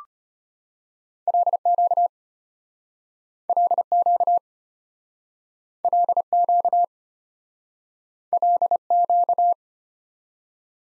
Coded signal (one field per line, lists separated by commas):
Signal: Morse code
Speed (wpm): 33 wpm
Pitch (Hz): 700 Hz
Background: none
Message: LQ LQ LQ LQ